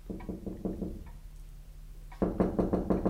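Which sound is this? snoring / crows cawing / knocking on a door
knocking on a door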